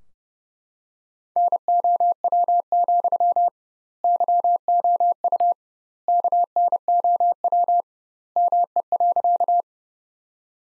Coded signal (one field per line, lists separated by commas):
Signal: Morse code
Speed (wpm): 32 wpm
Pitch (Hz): 700 Hz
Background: none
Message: NOW, YOU KNOW ME.